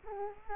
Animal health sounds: mosquito wingbeat signal from an infrared sensor; Culex quinquefasciatus

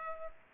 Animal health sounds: mosquito wingbeat signal from an infrared sensor; Culex pipiens

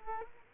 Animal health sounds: mosquito wingbeat signal from an infrared sensor; Culex quinquefasciatus

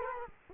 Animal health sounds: mosquito wingbeat signal from an infrared sensor; Culex quinquefasciatus

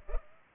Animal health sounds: mosquito wingbeat signal from an infrared sensor; Culex pipiens

